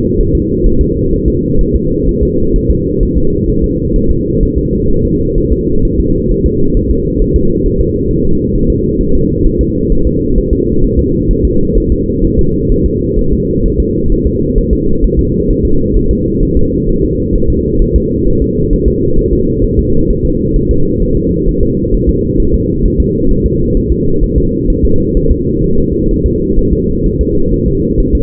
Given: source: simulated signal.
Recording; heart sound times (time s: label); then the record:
fetal heart sounds
0.20 s: S1
0.35 s: S2
0.66 s: S1
0.81 s: S2
1.13 s: S1
1.28 s: S2
1.61 s: S1
1.75 s: S2
2.09 s: S1
2.23 s: S2
2.56 s: S1
2.71 s: S2
3.03 s: S1
3.17 s: S2
3.50 s: S1
3.64 s: S2
3.96 s: S1
4.11 s: S2
4.43 s: S1
4.58 s: S2
4.91 s: S1
5.05 s: S2
5.38 s: S1
5.52 s: S2
5.85 s: S1
6.00 s: S2
6.31 s: S1
6.46 s: S2
6.77 s: S1
6.91 s: S2
7.22 s: S1
7.36 s: S2
7.66 s: S1
7.80 s: S2
8.11 s: S1
8.25 s: S2
8.55 s: S1
8.70 s: S2
9.01 s: S1
9.15 s: S2
9.46 s: S1
9.61 s: S2
9.92 s: S1
10.07 s: S2
10.38 s: S1
10.53 s: S2
10.84 s: S1
10.99 s: S2
11.31 s: S1
11.45 s: S2
11.77 s: S1
11.92 s: S2
12.25 s: S1
12.39 s: S2
12.72 s: S1
12.86 s: S2
13.19 s: S1
13.33 s: S2
13.66 s: S1
13.80 s: S2
14.12 s: S1
14.27 s: S2
14.58 s: S1
14.73 s: S2
15.04 s: S1
15.19 s: S2
15.50 s: S1
15.65 s: S2
15.96 s: S1
16.11 s: S2
16.43 s: S1
16.57 s: S2
16.89 s: S1
17.04 s: S2
17.36 s: S1
17.50 s: S2
17.82 s: S1
17.96 s: S2
18.28 s: S1
18.42 s: S2
18.73 s: S1
18.88 s: S2
19.19 s: S1
19.33 s: S2
19.64 s: S1
19.79 s: S2
20.10 s: S1
20.25 s: S2
20.56 s: S1
20.71 s: S2
21.03 s: S1
21.17 s: S2
21.49 s: S1
21.63 s: S2
21.94 s: S1
22.09 s: S2
22.40 s: S1
22.54 s: S2
22.85 s: S1
23.00 s: S2
23.31 s: S1
23.46 s: S2
23.77 s: S1
23.92 s: S2
24.24 s: S1
24.38 s: S2
24.70 s: S1
24.85 s: S2
25.17 s: S1
25.31 s: S2
25.64 s: S1
25.79 s: S2
26.11 s: S1
26.26 s: S2
26.59 s: S1
26.73 s: S2
27.06 s: S1
27.21 s: S2
27.54 s: S1
27.68 s: S2
28.00 s: S1
28.15 s: S2
From the record:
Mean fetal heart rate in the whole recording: 130 bpm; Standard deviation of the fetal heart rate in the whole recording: 4 bpm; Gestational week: 38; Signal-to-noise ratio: -16.4 dB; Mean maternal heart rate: 72 bpm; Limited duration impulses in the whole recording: present